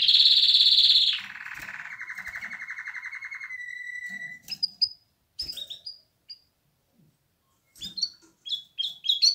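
Canary song opening with a loud high trill and a lower rattling roll, followed by scattered sharp chirps.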